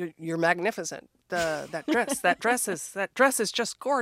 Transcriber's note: laughter